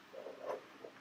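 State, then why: Not seated. An embroidery hoop holding fabric with tearaway stabilizer on the back is being slid onto the embroidery arm frame of a Pfaff Creative Icon 2 sewing machine. Soft sliding and handling noises rise around 0.2–0.5 s, with a faint brief tap near 0.8 s. The hoop has not clicked or seated yet.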